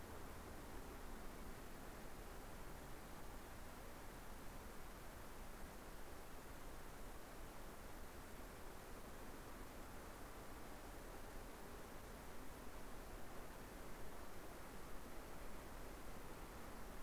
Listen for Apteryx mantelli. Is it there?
no